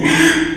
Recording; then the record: squeal of a Yucatan mini pig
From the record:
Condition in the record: after surgery on the right vocal fold (resection and tissue-engineered implant); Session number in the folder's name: 3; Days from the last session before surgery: 33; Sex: male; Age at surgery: 12 weeks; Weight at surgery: 13 kg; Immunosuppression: cyclosporine, prednisolone